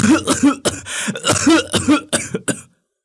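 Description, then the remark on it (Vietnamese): A deep, hacking cough from someone who has just come round after fainting repeats in a rapid string of about eight harsh, rasping bursts, loud and unbroken for nearly three seconds before stopping abruptly. “Tiếng ho sù sụ vang lên làm ông chú ý.”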